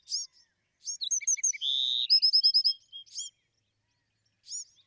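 Bewick's wren song in one bout: high chips, low pips, a smooth buzz and a clear rapid trill, with isolated arched chip notes before and after.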